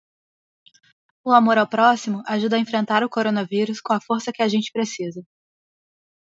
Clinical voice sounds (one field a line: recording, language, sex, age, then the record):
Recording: spoken sentence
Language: Brazilian Portuguese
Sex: female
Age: 20 to 29 years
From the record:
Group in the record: control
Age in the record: 27 years